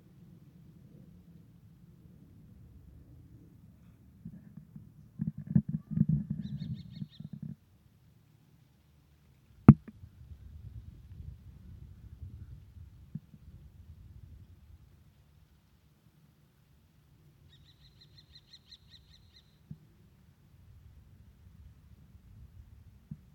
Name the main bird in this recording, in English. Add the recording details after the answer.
Common Kestrel. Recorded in the wild. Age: adult. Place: Flemmingen, Thuringia, DE. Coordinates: 50.9369, 12.6254. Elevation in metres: 250. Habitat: field. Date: 2024-07-27 16:20. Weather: 20-25°C, cloudy. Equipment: Sound Devices MixPre6, Sennheiser MKH8060. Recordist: Frommolt, Karl-Heinz